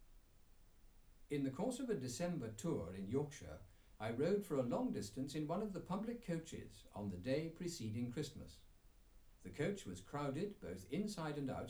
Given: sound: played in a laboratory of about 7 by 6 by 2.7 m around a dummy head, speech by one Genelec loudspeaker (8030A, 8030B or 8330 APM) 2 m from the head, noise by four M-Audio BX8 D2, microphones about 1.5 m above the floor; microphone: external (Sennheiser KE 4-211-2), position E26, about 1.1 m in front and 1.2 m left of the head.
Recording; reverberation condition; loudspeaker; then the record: male speech in English; low; 30 degrees to the right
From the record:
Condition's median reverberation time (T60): about 310 ms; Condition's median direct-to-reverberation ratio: about 3.5 dB